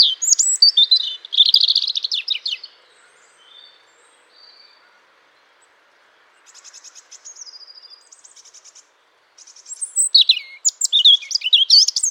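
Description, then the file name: European robin song with rich high warbled phrases at the start and end, separated by a pause and a dry, rapidly pulsed buzzy sequence. "Erithacus rubecula"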